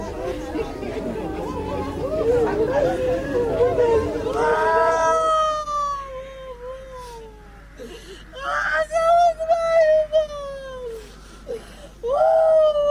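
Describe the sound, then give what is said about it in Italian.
A woman sobs and wails inconsolably in long, high, falling cries that come in three anguished bursts, after a stretch of murmuring voices at the start. “Il suo pianto non finiva.”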